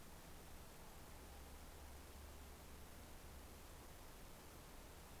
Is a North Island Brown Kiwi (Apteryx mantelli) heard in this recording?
no